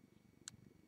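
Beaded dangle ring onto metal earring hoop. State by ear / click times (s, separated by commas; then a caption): not seated / none. Someone pushes the third handmade beaded dangle ring onto a metal earring hoop over a low, soft rumble, with one brief, sharp, bright tick at about 0.5 seconds. The third ring does not go on, and nothing has seated or clicked yet.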